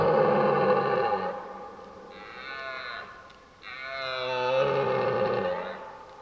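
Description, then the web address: Red deer moaning roars, a long low bellow, a thinner higher call, then another drawn-out roar tailing off. During the rut, while driving the herd. "geluiden Burlen drijven"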